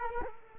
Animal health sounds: mosquito wingbeat signal from an infrared sensor; Culex quinquefasciatus

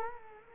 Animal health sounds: mosquito wingbeat signal from an infrared sensor; Culex quinquefasciatus

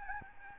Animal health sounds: mosquito wingbeat signal from an infrared sensor; Aedes albopictus

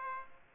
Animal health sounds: mosquito wingbeat signal from an infrared sensor; Aedes aegypti

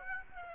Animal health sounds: mosquito wingbeat signal from an infrared sensor; Aedes aegypti

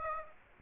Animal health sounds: mosquito wingbeat signal from an infrared sensor; Aedes aegypti

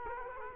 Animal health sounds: mosquito wingbeat signal from an infrared sensor; Culex quinquefasciatus

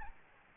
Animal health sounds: mosquito wingbeat signal from an infrared sensor; Aedes albopictus

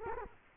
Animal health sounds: mosquito wingbeat signal from an infrared sensor; Culex quinquefasciatus

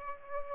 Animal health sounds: mosquito wingbeat signal from an infrared sensor; Aedes aegypti

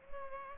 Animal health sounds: mosquito wingbeat signal from an infrared sensor; Culex pipiens

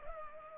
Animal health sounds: mosquito wingbeat signal from an infrared sensor; Culex pipiens

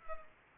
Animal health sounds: mosquito wingbeat signal from an infrared sensor; Culex pipiens

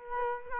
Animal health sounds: mosquito wingbeat signal from an infrared sensor; Culex quinquefasciatus

